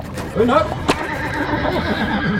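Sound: horse neighing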